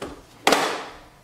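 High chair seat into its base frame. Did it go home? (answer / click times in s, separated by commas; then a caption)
yes / 0.5 s. A Graco Blossom high chair seat is pushed down onto its plastic base frame without pressing the release buttons. After a faint knock at the start, a sharp snap sounds at 0.5 s and rings briefly before fading. The seat is confirmed seated on the base.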